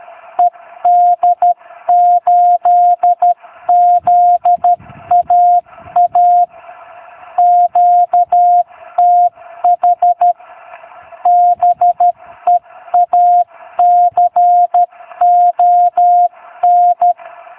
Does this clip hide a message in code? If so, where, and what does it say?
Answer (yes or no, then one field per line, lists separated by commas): yes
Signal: Morse code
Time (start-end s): 0.4-17.1 s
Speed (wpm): 13 wpm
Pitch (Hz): 710 Hz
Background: none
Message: ED8ZAA QTH BEACON